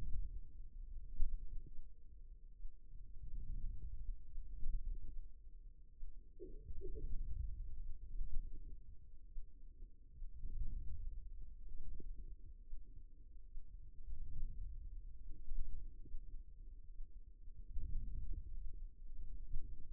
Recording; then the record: forearm muscle sounds (acoustic myography)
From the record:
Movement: outward rotation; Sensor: system 2, bracelet of six BSWA MPA416 microphones around the upper forearm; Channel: 3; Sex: male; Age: 22 years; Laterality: right